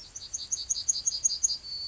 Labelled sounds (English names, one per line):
Yellowhammer song